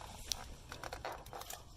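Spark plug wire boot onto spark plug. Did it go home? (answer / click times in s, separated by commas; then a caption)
yes / 0.3 s. A spark plug wire boot is pushed onto its spark plug terminal during engine reassembly on a Mercury Villager/Nissan Quest fuel injector job. A sharp, bright click at 0.3 s confirms it has clipped on, followed by softer handling taps and rustling.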